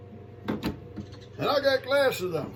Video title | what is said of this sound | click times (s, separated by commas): Sim Pure Air Purifier | I get it right it snap right in | 0.5 s